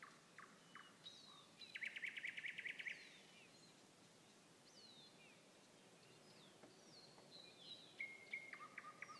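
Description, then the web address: Nightingale song with a fast, dense rattling trill of about a second, then quiet gaps with scattered high notes and a later burst of repeated sharp notes. Nightingale song recorded on 21 May 2016. "slowik-spiew-slowika-21-maja-2016-r"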